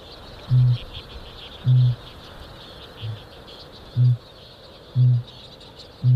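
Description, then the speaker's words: Kākāpō giving deep low booms roughly once a second, one quieter boom among them, with a steady high insect-like hiss behind. Booming of the male; giant nocturnal flightless parrot. "the booming of the male kākāpō is a little bit like the heartbeat of the land."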